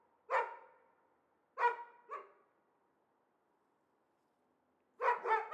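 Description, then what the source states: Dog barks, loud and harsh, a single bark, then a pair, a long gap, and a double bark closing. Two or perhaps three dogs, apparently caged and unseen, excite each other at the slightest outside noise; Chamonix-Mont-Blanc, Auvergne-Rhône-Alpes, France; continuous rush of the Arveyron river in the distance.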